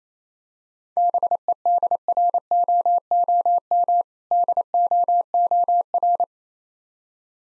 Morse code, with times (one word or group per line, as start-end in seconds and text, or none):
1.0-4.0 BEDROOM
4.3-6.2 DOOR